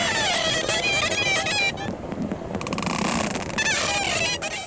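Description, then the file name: Dolphin whistles, many rising and wavering squeals overlapping, with bursts of rapid clicks amid a steady rushing noise. "dauphin"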